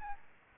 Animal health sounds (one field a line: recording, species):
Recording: mosquito wingbeat signal from an infrared sensor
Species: Aedes albopictus